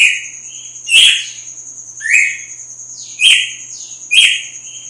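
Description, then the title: Red-cowled cardinal song: loud, clear whistled phrases with sharp descending sweeps, given about once a second with short pauses, over a steady high-pitched whine. Female; sings strongly at dawn after the moult. "Canto Galo Campina Fêmea. GALO DE CAMPINA AÇOITA FORTE NA MADRUGADA DEPOIS DA MUDA"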